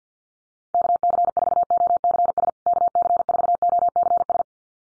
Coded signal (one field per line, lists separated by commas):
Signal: Morse code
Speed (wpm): 49 wpm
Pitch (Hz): 700 Hz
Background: none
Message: KC4OCS KC4OCS